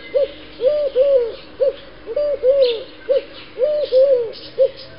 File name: streptopelia decaocto